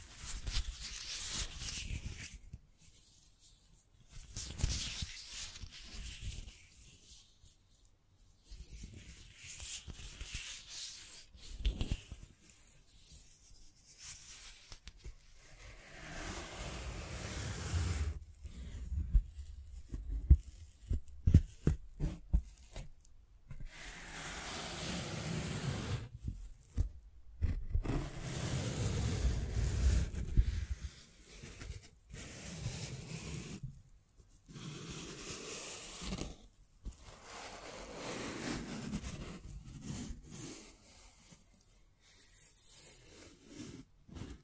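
Scratching and tracing sounds come in irregular strokes across the whole 44 seconds, some short and dry, others longer drawn rubs. Brief tapping clicks appear among them, with dense bursts around 18 to 22 seconds and near 30 seconds, separated by short quiet gaps.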